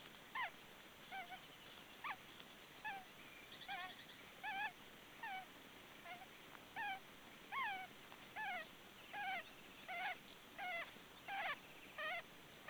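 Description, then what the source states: Osprey chick giving thin, high whistled calls with a downward-bending, slightly wavering shape, repeated in a steady series over a quiet steady hiss. Osprey chick, recorded in the dark.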